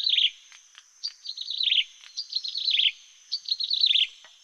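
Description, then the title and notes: Bird song: bursts of high chirpy notes sliding downward in short rapid phrases, separated by brief pauses, over a steady thin high-pitched whine. Birdsong intended for training pet birds. "Suara Kicauan Burung untuk memaster burung kesayangan"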